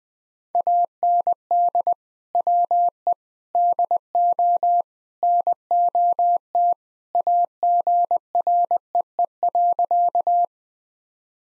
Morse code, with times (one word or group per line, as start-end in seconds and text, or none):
0.5-1.9 AND
2.3-3.1 WE
3.5-4.8 DO
5.2-6.7 NOT
7.1-10.4 AGREE.